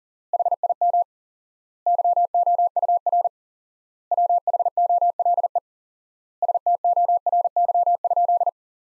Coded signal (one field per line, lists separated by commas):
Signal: Morse code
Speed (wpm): 40 wpm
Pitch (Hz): 700 Hz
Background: none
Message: HIM YOUR WHOLE STORY?